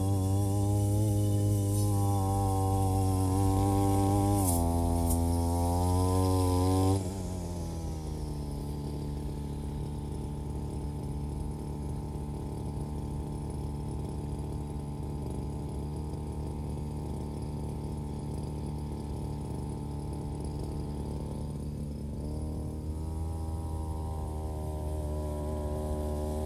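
A brush cutter runs steadily, revving loud and high for the first seven seconds, then settling into a quieter, even drone with small pitch wobbles.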